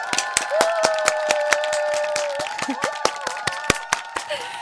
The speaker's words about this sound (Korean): 생각해보니까 올해 마지막 박수네요. 아 마지막 물개 박수 또 따숩게 쳐보겠습니다.